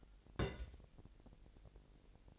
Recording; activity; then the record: daily activity, microphone in the room; place on stove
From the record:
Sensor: 5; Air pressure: 1002.1 hPa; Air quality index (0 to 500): 249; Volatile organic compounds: 9 ppm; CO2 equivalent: 2144 ppm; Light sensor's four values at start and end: 23/48/21/24 and 22/48/21/23